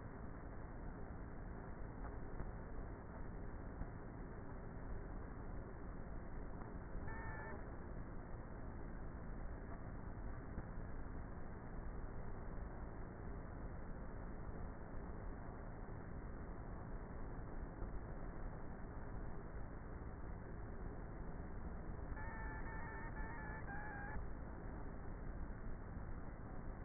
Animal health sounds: honeybee colony, microphone inside the hive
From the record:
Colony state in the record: queenless with a low population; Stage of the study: before two queens were removed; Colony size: about 30,000 bees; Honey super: no

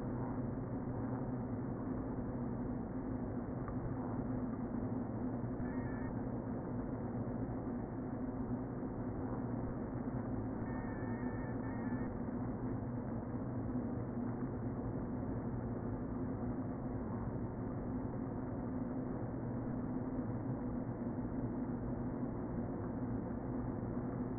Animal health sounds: honeybee colony, microphone inside the hive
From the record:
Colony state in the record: queen present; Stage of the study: before two queens were removed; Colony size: about 60,000 bees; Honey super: yes

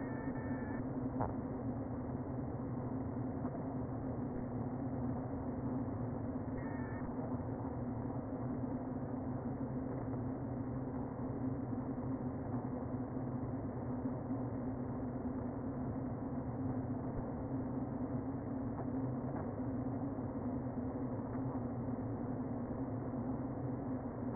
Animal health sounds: honeybee colony, microphone inside the hive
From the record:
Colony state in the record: queen present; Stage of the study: before two queens were removed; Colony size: about 60,000 bees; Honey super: yes

